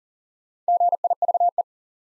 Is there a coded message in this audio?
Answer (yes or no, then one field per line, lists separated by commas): yes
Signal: Morse code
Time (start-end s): 0.7-1.6 s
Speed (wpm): 40 wpm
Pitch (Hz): 700 Hz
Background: none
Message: GIVE